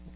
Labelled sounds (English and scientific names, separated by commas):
Chestnut-sided Warbler (Setophaga pensylvanica) flight call